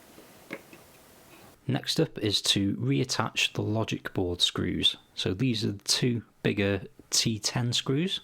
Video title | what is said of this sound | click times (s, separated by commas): 2020 Intel Mac Mini RAM Upgrade -- START to FINISH Installation Guide | until you hear it click. | 0.5 s